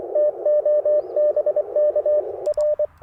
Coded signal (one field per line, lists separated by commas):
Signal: Morse code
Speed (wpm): 26 wpm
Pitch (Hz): 590 Hz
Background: radio noise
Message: TO BK R